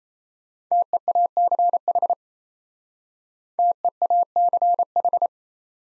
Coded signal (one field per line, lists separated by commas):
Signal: Morse code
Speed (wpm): 34 wpm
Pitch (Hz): 700 Hz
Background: none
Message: TEACH TEACH